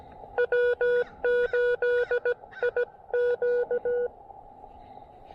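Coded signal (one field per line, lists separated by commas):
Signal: Morse code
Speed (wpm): 17 wpm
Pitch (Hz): 490 Hz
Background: none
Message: W8IQ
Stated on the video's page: Morse from a POTA park activation using a KX2 transceiver with AX1 antenna.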